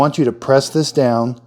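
A plastic coffee pod is being pressed down into the pod holder of a Keurig K Supreme Plus SMART single-serve brewer so the bottom needle punctures it before the lid closes. Someone talks throughout, and the pod is handled but not yet home; nothing has seated or clicked yet.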